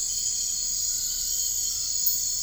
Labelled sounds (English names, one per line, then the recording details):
none
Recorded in dense forest near Puerto Asís, Putumayo, Colombia, on 13 March 2025 at 01:30
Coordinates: 0.485, -76.318
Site G056